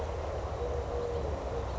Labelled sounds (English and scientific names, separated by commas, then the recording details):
Eurasian Collared Dove (Streptopelia decaocto)
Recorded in Sonoma County, California